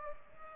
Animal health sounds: mosquito wingbeat signal from an infrared sensor; Culex pipiens

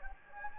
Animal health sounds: mosquito wingbeat signal from an infrared sensor; Anopheles gambiae

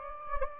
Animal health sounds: mosquito wingbeat signal from an infrared sensor; Anopheles gambiae

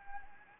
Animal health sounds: mosquito wingbeat signal from an infrared sensor; Anopheles arabiensis

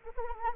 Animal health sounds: mosquito wingbeat signal from an infrared sensor; Anopheles arabiensis

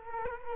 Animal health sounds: mosquito wingbeat signal from an infrared sensor; Culex quinquefasciatus

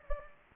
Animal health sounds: mosquito wingbeat signal from an infrared sensor; Anopheles gambiae

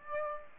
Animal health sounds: mosquito wingbeat signal from an infrared sensor; Aedes aegypti

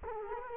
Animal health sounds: mosquito wingbeat signal from an infrared sensor; Culex quinquefasciatus

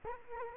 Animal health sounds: mosquito wingbeat signal from an infrared sensor; Culex quinquefasciatus

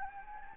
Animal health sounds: mosquito wingbeat signal from an infrared sensor; Anopheles gambiae

